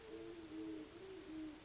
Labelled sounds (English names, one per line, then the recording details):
Great Horned Owl
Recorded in Sonoma County, California